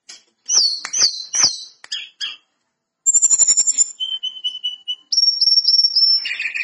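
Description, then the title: Lesser Shortwing singing in high thin bursts: a fast wavering trill, a steady run of repeated piercing notes, then a lower chattering jumble, with scattered clicks. Singing actively (gacor). "Burung Tledekan Gacor Dor"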